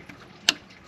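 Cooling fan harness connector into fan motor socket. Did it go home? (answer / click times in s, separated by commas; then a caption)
yes / 0.5 s. The cooling fan harness connector on a 2003–2007 Honda Accord 2.4L 4-cylinder radiator/condenser fan assembly with a Denso radiator is pushed in by hand into the fan motor socket. A single sharp, loud click sounds at 0.5 s over quiet background. The connector latches and is seated.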